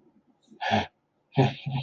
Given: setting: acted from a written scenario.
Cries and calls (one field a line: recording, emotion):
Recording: vocal sound without words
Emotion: pride